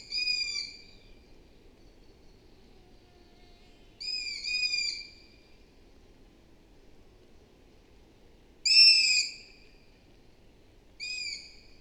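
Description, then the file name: Long-eared owl repeating shrill, squeaky drawn calls, four in all at uneven gaps of a few seconds, with faint low hiss beneath. "Hibou moyen-duc - Asio otus"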